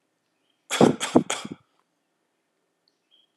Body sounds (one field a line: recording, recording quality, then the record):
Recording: shallow voluntary cough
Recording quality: excellent, no background noise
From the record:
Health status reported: healthy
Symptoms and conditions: none ticked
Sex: male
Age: 22 years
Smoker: not ticked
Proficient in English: yes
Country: India